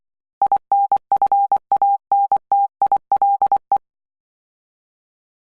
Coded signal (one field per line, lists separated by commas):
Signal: Morse code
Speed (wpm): 24 wpm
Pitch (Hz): 800 Hz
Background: none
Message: INFANTILE